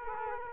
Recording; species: mosquito wingbeat signal from an infrared sensor; Culex quinquefasciatus